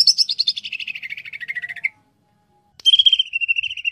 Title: Cucak Ijo